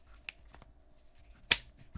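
The back cover of a VRS Design 360 protection case is fitted onto a Galaxy Fold 7 folding smartphone and pressed home. A few faint ticks and handling sounds lead up to one sharp, bright snap at 1.5 s, with a soft thump just after. The back cover is seated.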